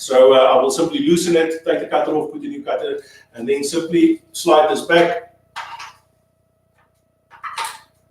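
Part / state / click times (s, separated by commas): cutter housing sliding onto the domino joiner body / not seated / none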